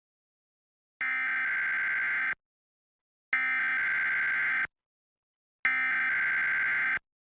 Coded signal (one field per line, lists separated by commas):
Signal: Emergency Alert System (SAME) tones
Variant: header bursts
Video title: WPVI Emergency Alert System (EAS) Tests, 8/17 and 8/22, 2023